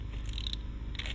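The plastic compression nut of a cable gland is turned down over a rubber seal around a power wire for a Sony system, in a grommet in a Ford F-Series truck body panel, squeezing its internal clamps. Small ratcheting clicks sound at 0.3, 0.4, 0.5, 0.5, 1.0 and 1.1 seconds, with the first group more tightly clustered. The nut ratchets tight and seats, giving a watertight seal.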